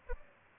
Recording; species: mosquito wingbeat signal from an infrared sensor; Aedes albopictus